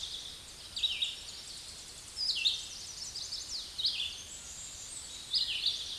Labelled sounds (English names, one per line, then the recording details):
Red-eyed Vireo song
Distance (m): 15 m
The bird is about 10 m above the microphone
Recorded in a Pennsylvania forest on 16 May 2024 at 08:10
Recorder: AudioMoth, point MSD-2417
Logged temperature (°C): 16.4 °C
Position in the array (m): 114 m, 74 m